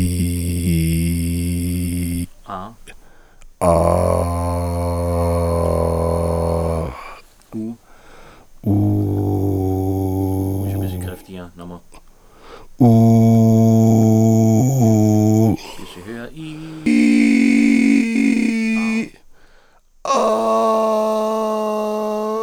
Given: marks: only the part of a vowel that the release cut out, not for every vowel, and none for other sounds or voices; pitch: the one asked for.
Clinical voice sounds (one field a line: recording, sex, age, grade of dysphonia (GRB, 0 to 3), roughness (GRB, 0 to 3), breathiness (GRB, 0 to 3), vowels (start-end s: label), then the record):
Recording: sustained vowels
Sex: male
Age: 50 to 59 years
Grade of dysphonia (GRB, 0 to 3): 3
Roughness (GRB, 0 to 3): 3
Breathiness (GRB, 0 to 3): 2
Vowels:
0.00-1.95 s: vowel /i/, normal pitch
4.35-6.34 s: vowel /a/, normal pitch
8.87-10.61 s: vowel /u/, normal pitch
16.91-18.64 s: vowel /i/, high pitch
20.20-22.14 s: vowel /a/, high pitch
From the record:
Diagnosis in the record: leukoplakia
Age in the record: 58 years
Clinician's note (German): Verdacht auf Tumor linkes Stimmband, hinteres Drittel; Nikotinabusus